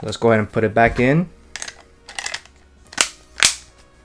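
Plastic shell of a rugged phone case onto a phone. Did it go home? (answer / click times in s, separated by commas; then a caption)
yes / 3.0 s, 3.4 s. Someone talks as the rugged plastic shell of an OtterBox Defender Series black case is pressed back onto an iPhone Xs Max, with a few faint clicks along the way. Two sharp, loud snaps at 3.0 s and 3.4 s mark the shell's snaps engaging, and the case is seated with all snaps in place.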